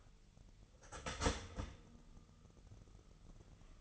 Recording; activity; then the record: daily activity, microphone in the room; start toaster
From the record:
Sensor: 4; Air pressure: 989.4 hPa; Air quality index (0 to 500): 217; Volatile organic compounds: 69 ppm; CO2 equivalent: 3508 ppm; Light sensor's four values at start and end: 25/87/32/34 and 25/87/32/34